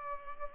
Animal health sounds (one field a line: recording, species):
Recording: mosquito wingbeat signal from an infrared sensor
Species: Culex pipiens